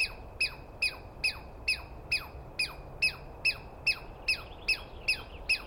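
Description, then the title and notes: Douglas squirrel giving a rapid series of sharp, downward-sliding chattering notes, about fourteen evenly spaced at just over two per second, with faint background hiss. Screaming Douglas Pine Squirrel, one animal, recorded at dawn on 21 April 2017 in the East Cascades, calling for a long while; recordist not fully certain of identification. "On the morning of 21 April, 2017, I set up my microphones and recorder for a nice dawn recording in the East Cascades. I was started awake by a screaming Douglas Pine Squirrel"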